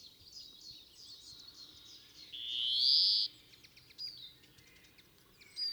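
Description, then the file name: European greenfinch giving a long nasal wheeze amid soft twittering and scattered high chirps. "Chloris chloris"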